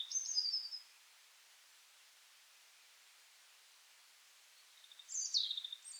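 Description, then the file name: European robin song, brief high thin phrases at the start and the end, with a long silent gap between them. "Erithacus rubecula"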